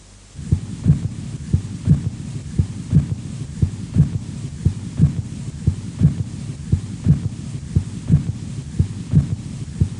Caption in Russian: Третий тон сердца возникает ближе к середине диастолы, в фазу быстрого наполнения, когда основная масса крови поступает из предсердий в желудочке. Аускультативно он выявляется на верхушке сердца и характеризуется низкочастотным тембром и малой громкостью, благодаря чему третий тон иногда называют эхом второго тона. У больного с сердечной недостаточностью.